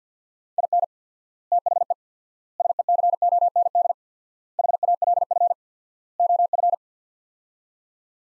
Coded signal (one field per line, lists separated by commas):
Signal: Morse code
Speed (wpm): 50 wpm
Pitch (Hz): 700 Hz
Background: none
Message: IN THE SECOND HALF OF